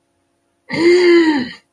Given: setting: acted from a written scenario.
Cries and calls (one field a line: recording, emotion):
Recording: vocal sound without words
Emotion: anger